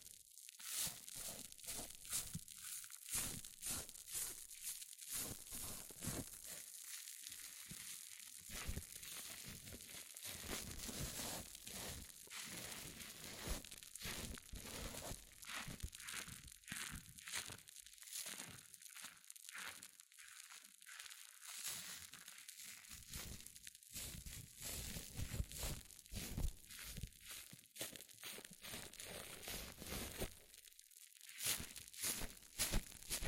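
Hair mousse fizzes and crackles without a break, a dense, bright hiss full of tiny pops and crinkles. The texture churns unevenly, with short gaps and louder surges every second or so, and brief sharp ticks near the start and end.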